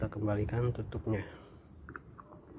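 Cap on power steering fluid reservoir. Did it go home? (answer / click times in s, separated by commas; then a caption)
yes / 1.9 s, 2.0 s. Someone talks while the cap is pushed back onto the power steering fluid reservoir of a Timor, then two sharp clicks at 1.9 s and 2.0 s as it meets the stop, followed by a few fainter ticks. The cap is seated and locked, and it will not come off.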